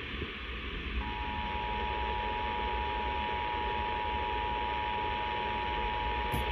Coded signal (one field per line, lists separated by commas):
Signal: Emergency Alert System (SAME) tones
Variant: 853 and 960 Hz attention tone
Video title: MHV Required Monthly Test (7/10/22)